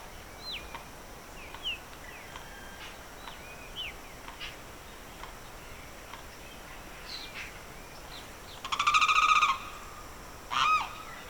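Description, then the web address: Bird chorus of many short, thin whistled and chipping notes, then a loud buzzy pulsed call near the end, followed by a brief rough note. Evening birdsong in the Pantanal swamp, rural South America. "The BBC Sound Effects Library - Complete 60 CDs Collection Sound Effects Library- (Rural South America) Evening Birdsong, Pantanal Swamp"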